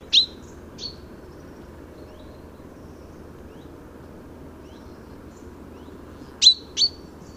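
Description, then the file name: Common chaffinch calls, sharp high clipped notes heard in a pair at the start and again near the end, quiet in between. "Fringilla coelebs"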